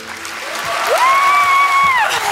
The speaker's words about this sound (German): Der Saal tobt. Die magischen Tiere, die sich hinter der Kulisse versteckt halten, jubeln begeistert.